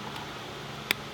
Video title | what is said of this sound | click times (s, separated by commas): Focus ST JBR Solid Shifter Bushings Install! | like that it'll snap right in and then you're going to | 0.9 s